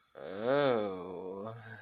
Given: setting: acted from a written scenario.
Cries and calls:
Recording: vocal sound without words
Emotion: desire

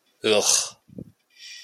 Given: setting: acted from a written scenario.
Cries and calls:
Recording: vocal sound without words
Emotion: disgust

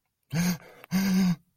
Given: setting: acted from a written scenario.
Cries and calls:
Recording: vocal sound without words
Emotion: distress

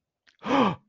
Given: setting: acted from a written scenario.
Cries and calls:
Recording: vocal sound without words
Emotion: realization

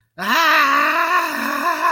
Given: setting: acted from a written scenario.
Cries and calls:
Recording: vocal sound without words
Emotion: distress

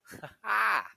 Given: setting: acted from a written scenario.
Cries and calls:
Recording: vocal sound without words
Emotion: ecstasy

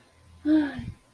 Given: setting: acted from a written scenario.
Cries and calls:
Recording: vocal sound without words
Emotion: relief

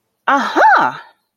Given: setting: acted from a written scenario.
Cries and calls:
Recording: vocal sound without words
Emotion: realization

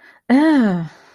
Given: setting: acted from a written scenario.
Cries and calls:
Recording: vocal sound without words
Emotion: disgust

